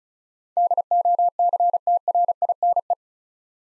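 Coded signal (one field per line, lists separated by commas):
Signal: Morse code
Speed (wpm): 36 wpm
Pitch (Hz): 700 Hz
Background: none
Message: DOCTRINE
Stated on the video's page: Morse word-copying practice at 35 wpm: eight-letter words sent, spoken, then sent again.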